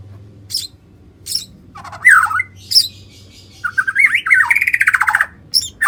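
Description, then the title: White-rumped shama singing: scattered sharp high chips and harsh squawks, then a wandering slurred whistle leading into a fast buzzy rattling trill. "murai batu"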